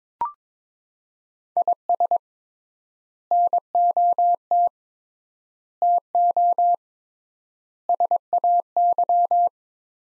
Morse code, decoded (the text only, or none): IS NOT TO SAY